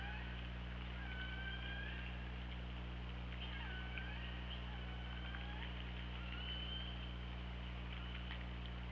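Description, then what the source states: Orca calls, a run of overlapping squealing and wavering tonal calls, some rising, some level, over constant low hum and crackling clicks. Recorded by OrcaLab hydrophone on 24 August 2017 around 08:02.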